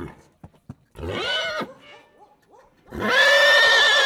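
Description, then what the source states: Horse whinnying: a short rising whinny, then soft nickering notes, followed by a long, loud, quavering neigh that fills the final second. Excited stallion neighing in a farmyard.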